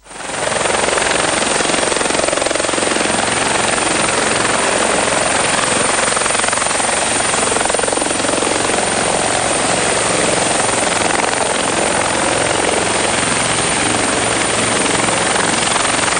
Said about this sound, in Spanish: Bueno, cada vez más helicóptero, ¿eh? El sonido del helicóptero empezó siendo una breve introducción y ahora le damos largo al helicóptero, porque todo el tiempo que suben los pasajeros, se levanta y se va viendo que en el cielo se va alejando, ¿eh?